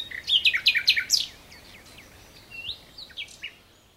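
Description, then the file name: Common nightingale singing a fast, loud opening of repeated chirping notes, then softer scattered whistles and twitters fading out. "Luscinia megarhynchos"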